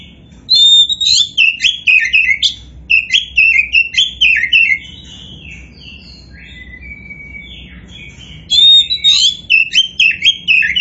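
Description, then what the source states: Oriental magpie-robin delivering two long bursts of varied whistles, trills and scratchy notes, separated by a quieter stretch of faint whistles. Kacer poci variety, described as gacor (singing actively).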